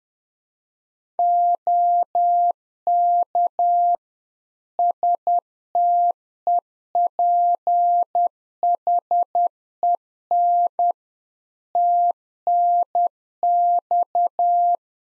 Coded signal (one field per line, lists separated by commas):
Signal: Morse code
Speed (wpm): 10 wpm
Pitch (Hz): 700 Hz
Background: none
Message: OK STEPHEN TNX